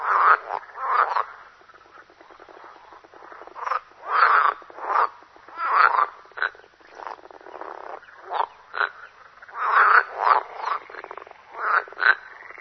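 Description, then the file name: Water frog croaking calls, bursts of rapid rattling croaks repeated in loose clusters. "groene kikker"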